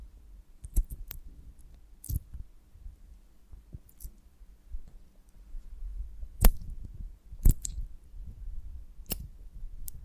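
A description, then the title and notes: A honeycomb on a branch is handled in ASMR style, giving sharp, crisp clicks and crackles at irregular moments, around 1, 2, 6.5, 7.5 and 9 seconds. Between them, soft low rustling and faint tapping fill the quiet stretches. ASMR of a Honeycomb on Branch (No Talking).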